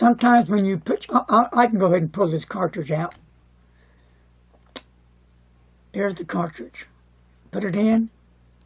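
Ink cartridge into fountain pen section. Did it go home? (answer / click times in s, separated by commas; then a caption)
no / none. Someone talks while handling a plastic ink cartridge for a Jinhao 599 fountain pen, pulling it out and getting ready to push it onto the feed nipple of the pen's nib section. A single brief sharp tap sounds at about 4.8 s between stretches of talk. The clip ends before the cartridge goes home, so nothing has seated or clicked yet.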